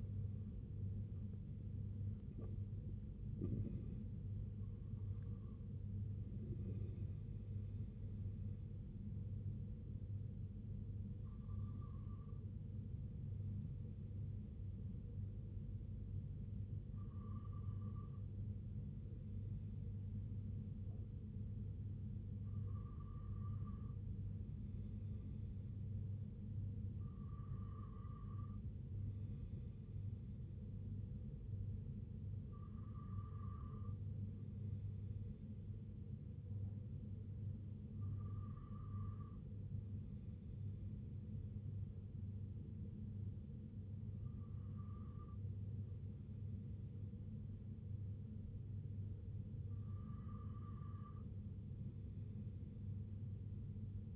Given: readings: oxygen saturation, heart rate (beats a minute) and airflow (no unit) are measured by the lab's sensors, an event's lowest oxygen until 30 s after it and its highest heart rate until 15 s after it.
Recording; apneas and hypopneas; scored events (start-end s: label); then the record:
breathing in sleep by a smartphone at the bedside; none
20.00-54.16 s: new sleep stage, N2 (light sleep)
From the record:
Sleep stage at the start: N1 (lightest sleep); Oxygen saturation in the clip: 94 to 96%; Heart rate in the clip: 56 to 91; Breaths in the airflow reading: 10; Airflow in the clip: -4.3 to 3.1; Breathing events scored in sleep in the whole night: 258 in 7.4 hours asleep